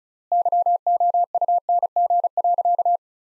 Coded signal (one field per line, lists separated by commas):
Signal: Morse code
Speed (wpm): 34 wpm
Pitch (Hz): 700 Hz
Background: none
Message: YOUNG.